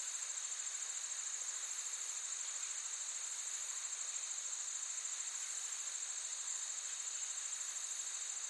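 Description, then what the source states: Insects droning in an unbroken high chorus, with fast, even pulses running through the whole stretch. Forest ambience with active insects, looped.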